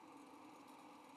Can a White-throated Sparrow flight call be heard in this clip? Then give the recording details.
no. No flight call is heard. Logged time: 22:43 on 15 November 2014